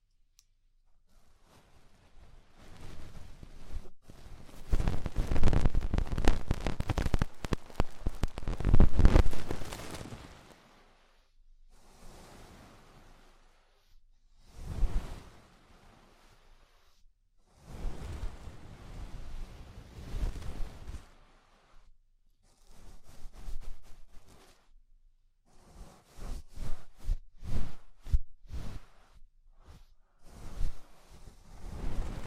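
Ear cleaning sounds with rhinestone and clay removal: bursts of scratchy, crackling rubbing separated by near-silent pauses. The loudest, densest stretch runs from about 4 to 10 seconds; later bursts at 15, 18–21, and 26–32 seconds are shorter, choppier clicks and swishes.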